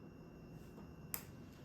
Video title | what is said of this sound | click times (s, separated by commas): How to Fix a Nintendo Switch that won't read Game Cartriges | and again it makes a little snap sound when it in place | 1.1 s